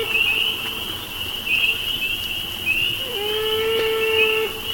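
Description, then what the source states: Beaver crying with a drawn-out whining tone that slides up then holds steady, with ringing harmonics, over a constant high trill. Wounded male beaver swimming in slow circles in the evening, crying out inconsolably for its lost mate and offspring.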